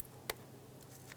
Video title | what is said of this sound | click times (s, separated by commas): How to Replace Front Shock and Spring Assembly 2002-2005 Ford Explorer | go ahead and latch that in listen for a click make sure it's secure as we go down the line | 0.3 s